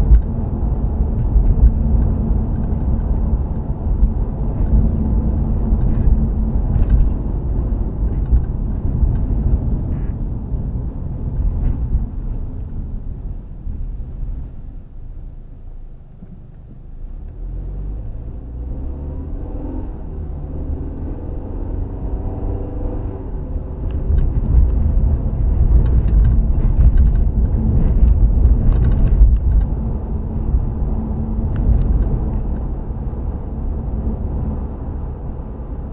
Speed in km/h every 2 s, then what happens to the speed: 60, 58, 56, 52, 42, 32, 16, 2, 11, 24, 35, 42, 48, 52, 55, 56, 56, 60.
3-14 brakes to 2. 15-29 pulls away to 56. 29-36 steady at about 56.